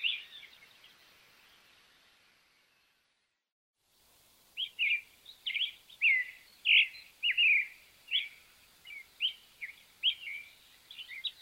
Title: ZORZAL CHALCHALERO